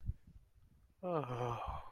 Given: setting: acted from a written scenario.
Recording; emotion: vocal sound without words; serenity